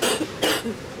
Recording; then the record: coughing mixed with background sound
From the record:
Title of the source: 60 coughing still (deep and wet cough)